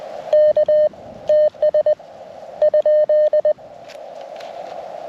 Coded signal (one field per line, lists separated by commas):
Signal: Morse code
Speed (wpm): 20 wpm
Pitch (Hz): 610 Hz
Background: none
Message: K TS ?